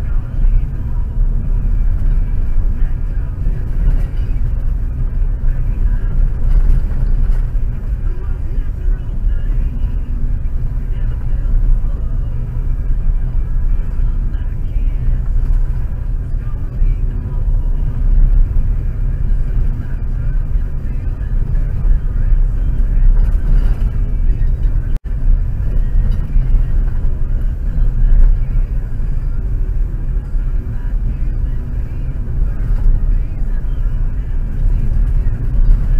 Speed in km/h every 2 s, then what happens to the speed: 33, 32, 29, 28, 26, 27, 27, 29, 30, 32, 32, 31, 30, 29, 30, 32, 31, 29.
0-8 slows to 26. 8-18 speeds up to 32. 18-36 steady at about 31.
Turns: none.